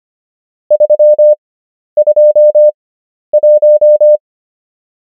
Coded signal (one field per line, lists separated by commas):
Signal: Morse code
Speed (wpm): 25 wpm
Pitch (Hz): 600 Hz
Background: none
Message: 321